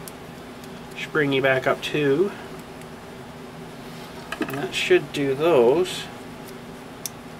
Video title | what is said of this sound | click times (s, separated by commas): Working some on the Frontier snow blower | good look you hear it click in they should be good | 7.1 s